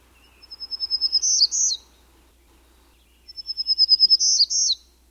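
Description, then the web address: Townsend's warbler song: two high, thin buzzy phrases about three seconds apart, each a series of short notes growing louder and ending in two louder wheezy buzzes. "Thumbs Plus Zoo Field Guide"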